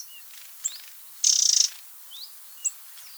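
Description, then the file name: Eurasian wren producing a single harsh, buzzy rattle lasting under half a second, with brief thin rising whistles before and after. "Troglodytes troglodytes"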